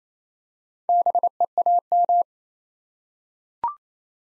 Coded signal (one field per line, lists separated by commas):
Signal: Morse code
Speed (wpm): 28 wpm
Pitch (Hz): 700 Hz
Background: none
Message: BEAM